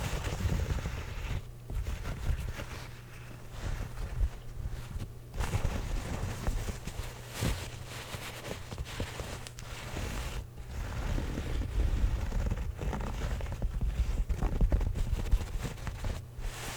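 A hat is scratched and rubbed in a continuous, rough rustle over a heavy low rumble that never lets up. Louder scrapes burst out irregularly, around 1.5, 5, 7.5 and 10.5 seconds, and the scratching grows busier and denser after about 12 seconds.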